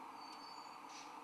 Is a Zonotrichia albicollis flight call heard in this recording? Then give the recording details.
no. No flight call is heard. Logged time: 07:23 on 19 December 2014